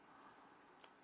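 A tight-fitting plastic model kit part is pressed by hand into a ship model's hull assembly, with quiet handling noise and a faint, brief tick at about 0.8 s. The part has not snapped into place; nothing has seated or clicked yet.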